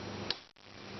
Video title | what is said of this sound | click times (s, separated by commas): Trap Tuning and Preparation for Beginners | You hear it click, | 0.3 s